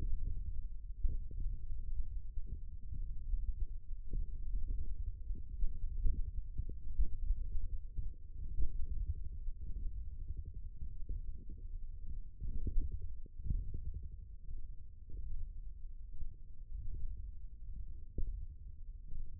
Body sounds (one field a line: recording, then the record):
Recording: forearm muscle sounds (acoustic myography)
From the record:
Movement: thumb flexion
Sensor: system 1, eight BSWA MPA416 microphones around the upper forearm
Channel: 7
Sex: male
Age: 20 years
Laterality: left